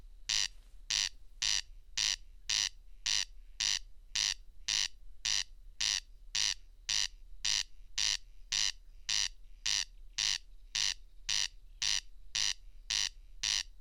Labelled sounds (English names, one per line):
Corn Crake song